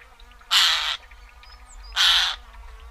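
Eurasian jay giving two harsh, rasping screeches about one and a half seconds apart, each lasting under half a second, against a quiet background.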